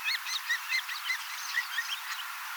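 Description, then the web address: Common starling song, a loose string of short whistles, chirps and clicks with brief clear whistled notes scattered through, fairly quiet and varied. Young starlings singing and practising song, mimicking several other species a little; 18 October 2024. "paivat 18 10 2024 kasittaakseni kottaraisnuoret laulavat lauluharjoittelevat useita lajeja matkivat hiukan"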